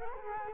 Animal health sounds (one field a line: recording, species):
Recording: mosquito wingbeat signal from an infrared sensor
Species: Culex quinquefasciatus